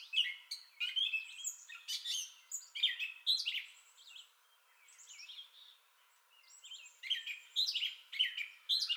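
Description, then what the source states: Gray catbird song of quick squeaky and raspy phrases, with a softer, quieter stretch in the middle before the loud jumbled notes resume. Entire song bout, recorded 30 May 2021.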